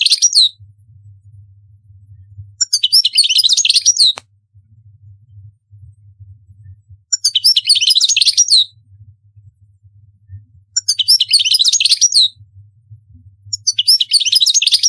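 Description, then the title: European goldfinch repeating bursts of rapid jangling twitters every few seconds, each lasting about one to two seconds, over a faint steady low hum. "Chant Chardonneret"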